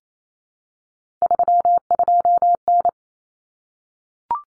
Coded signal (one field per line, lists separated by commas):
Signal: Morse code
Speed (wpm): 28 wpm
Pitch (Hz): 700 Hz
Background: none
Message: 32N